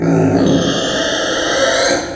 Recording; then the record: squeal of a Yucatan mini pig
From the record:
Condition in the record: before surgery on the right vocal fold (resection and tissue-engineered implant); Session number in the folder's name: 3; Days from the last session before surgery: 0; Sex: female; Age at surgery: 19 weeks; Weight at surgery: 25 kg